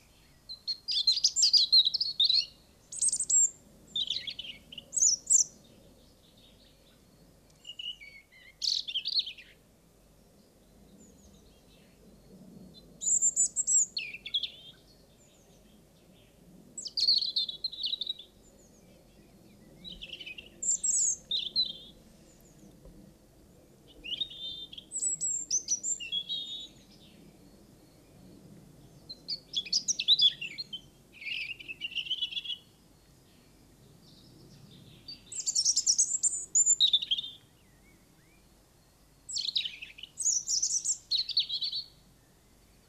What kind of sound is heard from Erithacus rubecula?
song